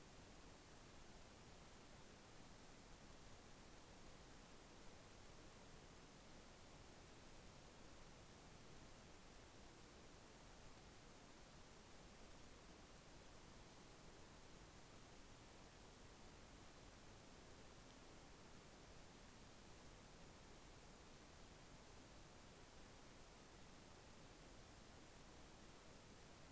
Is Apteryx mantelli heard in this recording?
no